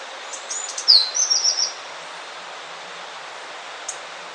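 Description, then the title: Tepui brush finch giving one high, thin call sequence: a descending slur followed by a short rapid run of tinny notes, then a single faint tick. Nominate subspecies, Atlapetes personatus personatus. "LuckyPassaro Completos2Sama. Tepui Brush Finch"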